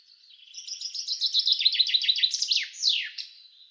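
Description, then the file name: Common chaffinch song: a rapid trill of repeated notes, ending in a sharp descending flourish, all in about three seconds. "Fringilla coelebs"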